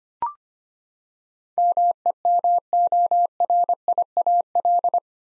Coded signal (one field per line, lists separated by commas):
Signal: Morse code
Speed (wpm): 25 wpm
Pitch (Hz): 700 Hz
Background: none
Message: MEMORIAL